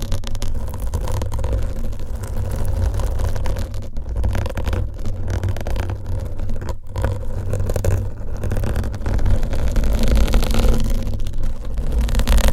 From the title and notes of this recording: ASMR Mic Scratching & Massage with XXL ULTRA LONG NAILS , Different Mic Covers & Mics No Talking.